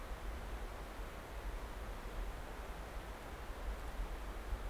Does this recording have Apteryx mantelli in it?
no